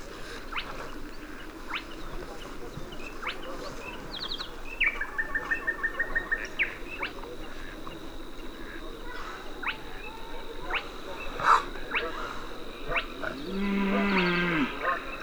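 A soundscape of Dalby bay filled with scattered bird chirps and sharp clicking calls over a low, steady rustle. Around five to six seconds a fast, rattling pulsed call repeats, a thin high tone holds through the second half, and a louder mixed burst rises near the end.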